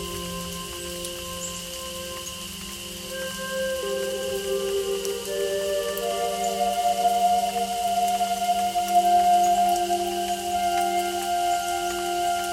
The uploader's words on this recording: … - Native American Flute with Nature Sounds.